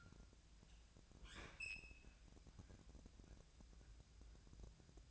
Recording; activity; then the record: daily activity, microphone in the room; open fridge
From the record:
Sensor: 2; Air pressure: 999.9 hPa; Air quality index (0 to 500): 124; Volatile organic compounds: 2 ppm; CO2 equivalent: 1064 ppm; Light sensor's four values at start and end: 31/78/33/37 and 31/78/33/37